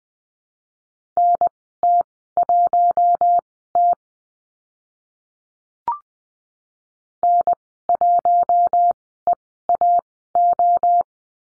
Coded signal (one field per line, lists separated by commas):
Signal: Morse code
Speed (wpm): 20 wpm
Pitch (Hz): 700 Hz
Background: none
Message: NT1T N1EAO